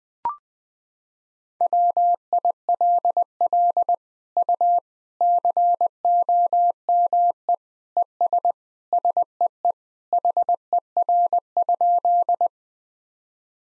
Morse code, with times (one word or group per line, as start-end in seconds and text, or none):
1.6-3.9 WILL
4.4-4.8 U
5.2-7.5 COME
8.0-8.5 ES
8.9-9.7 SEE
10.1-12.5 HER?